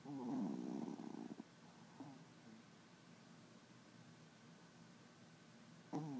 Small Dog Snoring.